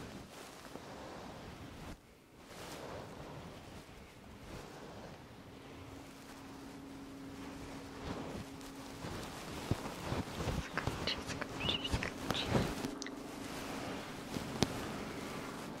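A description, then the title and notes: Fluffy microphone covers are rubbed and brushed close to the ears, making a dense, soft whooshing rustle that briefly drops out near two seconds. A low steady hum sits underneath midway, and sharper scratches and crackles grow more frequent toward the end. ASMR Fluffy Mic Ear Attention for your Naps Ear Massage Ear Muffs on 3dio Ear to Ear.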